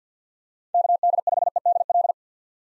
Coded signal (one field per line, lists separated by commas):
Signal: Morse code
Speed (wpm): 50 wpm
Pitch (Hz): 700 Hz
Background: none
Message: KD5EDL